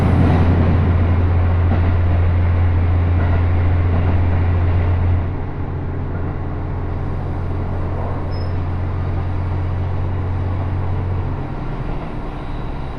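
A ride aboard a local Takayama Main Line train, with a dense, steady rumble and clatter throughout. A loud low drone holds for the first five seconds, then the overall level drops and the drone continues more quietly until about eleven seconds before fading.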